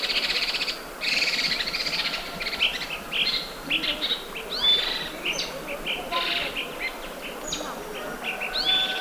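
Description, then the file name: Chestnut bulbul alarm calls, a busy, irregular run of chirping notes over steady background noise. Subspecies canipennis; alarm call; recorded at Beishan, Guangxi, China. "Chestnut Bulbul Ssp Canipennis Alarm Call Guangxi Beishan"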